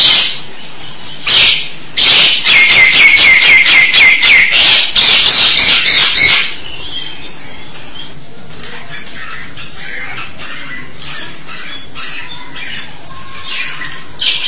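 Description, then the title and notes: Starling song: loud harsh, buzzy chattering bursts packed together for about four seconds, then quieter scattered whistles and clicks over a steady background hiss. "suara burung jalak"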